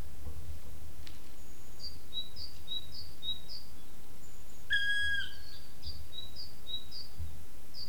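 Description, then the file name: Black woodpecker call: a single loud, plaintive, ringing note, surrounded by repeated thin, high whistles from another small bird. Wing whirring, flight call and call. "fekete harkály szárnysuhogás röphang és kiáltás"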